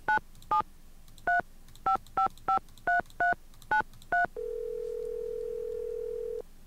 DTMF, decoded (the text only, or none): 9735553393